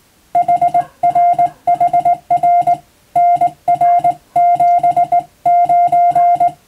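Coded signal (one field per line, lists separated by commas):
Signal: Morse code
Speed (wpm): 19 wpm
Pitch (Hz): 700 Hz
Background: music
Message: HRHR NR79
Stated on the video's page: Morse practice recorded from amateur radio on the air.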